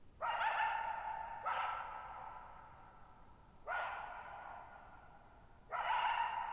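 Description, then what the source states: Coyote calling with rough barks, four calls at uneven intervals, each drawn out into a lingering echo; faint high hiss in the background. Lone coyote at night, July 14, 2019, Thirtymile Meadows, Okanogan National Forest (Okanogan High Country), Pacific Northwest, 6400 ft; tall mountains on a high, mostly dry plateau, shallow bowl-shaped meadows, boggy ground.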